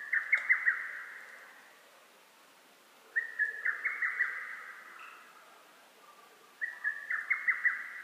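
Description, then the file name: Lesser cuckoo delivering three bright whistled phrases, each a quick run of sharp notes, spaced about three seconds apart. Recorded on 12 June 2010. "hototogisu-20100612"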